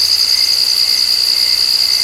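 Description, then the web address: Night insect chorus, a continuous high, shrill ringing hum that holds steady and unbroken throughout, with a softer buzzy layer beneath it. Insect ambience recorded at night. "E-MU Producer Series Vol 2 – More Studio Essentials SFX Insect Ambience NIGHT BUG"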